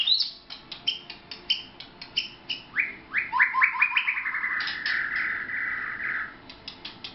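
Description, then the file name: White-rumped shama song: a rapid series of sharp notes and downslurred whistles, then a sustained rich warbling phrase that falls in pitch at the end. Vietnam. "shama vietnam omkicau"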